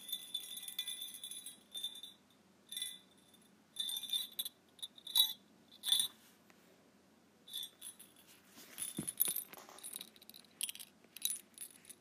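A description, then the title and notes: A tiny bell jingles in short, bright bursts, shaken on and off through the twelve seconds with quiet gaps between. The ringing is high and sparkly, and each burst fades quickly; a soft low rumble and a brief knock near nine seconds sit underneath. ASMR Tiny Bell.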